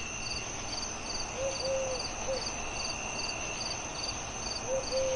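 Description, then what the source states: Owl hooting: a few short low hoots in two brief groups, over a continuous chorus of chirping crickets and a steady high insect tone. Peaceful summer night, with crickets chirping.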